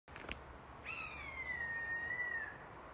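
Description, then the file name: Eurasian jay mew: a brief tap, then a long, clear whistled note gliding gently downward for over a second, with constant low hiss behind. "Garrulus glandarius"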